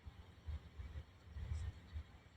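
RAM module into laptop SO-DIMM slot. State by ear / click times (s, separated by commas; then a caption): not seated / none. A RAM module is handled into the SO-DIMM memory slot of a Lenovo G40-45 laptop, with soft low-pitched rubbing and bumping bursts around 0.5, 1.0, 1.5–1.7 and 1.9 seconds. The clip ends before the module goes home, so nothing has seated or clicked yet.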